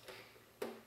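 The front brass locating pin of the missile deck on a SubmarineWorks Ohio RC submarine is pushed into its socket in the hull. After a quiet, faint rustle, a single sharp knock sounds at 0.6 s and quickly fades. The pin is seated in place.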